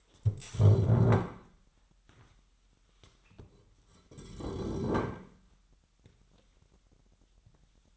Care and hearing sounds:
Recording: daily activity, microphone in the room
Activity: stand up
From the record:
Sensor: 3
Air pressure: 998.5 hPa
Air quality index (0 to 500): 128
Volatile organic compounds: 3 ppm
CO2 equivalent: 1524 ppm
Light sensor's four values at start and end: 8/19/8/8 and 13/27/13/15

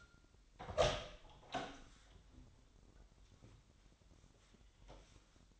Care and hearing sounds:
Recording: daily activity, microphone in the room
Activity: open door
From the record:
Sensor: 3

